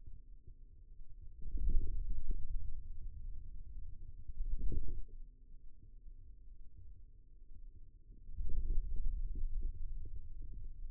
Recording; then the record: forearm muscle sounds (acoustic myography)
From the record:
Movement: wrist extension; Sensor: system 2, bracelet of six BSWA MPA416 microphones around the upper forearm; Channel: 3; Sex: male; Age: 22 years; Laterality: right